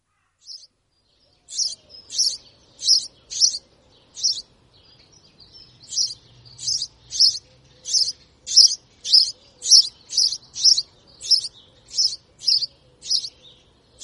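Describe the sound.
House sparrow chirping, a long run of bright, short chirps repeated in quick succession, nearly two per second, with a brief pause in the first half.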